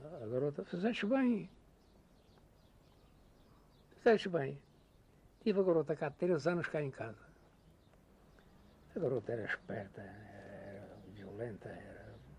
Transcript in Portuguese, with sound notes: a garota". "Fizestes bem. [pausa] Fizestes bem". Tive a garota cá três anos cá em casa. A garota era esperta, [vocalização] era violenta era…